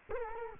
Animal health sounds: mosquito wingbeat signal from an infrared sensor; Culex quinquefasciatus

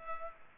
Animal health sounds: mosquito wingbeat signal from an infrared sensor; Culex pipiens

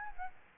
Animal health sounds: mosquito wingbeat signal from an infrared sensor; Aedes albopictus

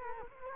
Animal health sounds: mosquito wingbeat signal from an infrared sensor; Culex quinquefasciatus

